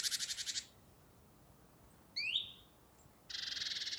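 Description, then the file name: Great tit churring: a buzzy rattle fades out, a quick rising note follows, then another harsh pulsed rattle begins. "Parus major"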